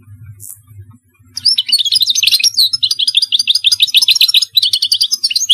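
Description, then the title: European goldfinch singing a fast, jumbled stream of tinkling twitters and short trills that starts after a second and carries on steadily, over a faint low hum. "Chant Chardonneret"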